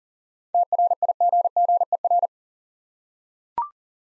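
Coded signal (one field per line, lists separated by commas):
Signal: Morse code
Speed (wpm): 42 wpm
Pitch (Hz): 700 Hz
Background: none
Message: TRIGGER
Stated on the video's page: Morse code practice drill of 7-letter words at 40 wpm, each word sent twice, for head-copy and instant character recognition.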